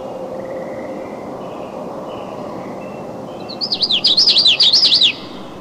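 Common yellowthroat song: a quick run of repeated high, looping phrases near the end, over a steady low rumble of background noise with faint thin whistles earlier.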